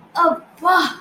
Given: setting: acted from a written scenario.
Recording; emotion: vocal sound without words; relief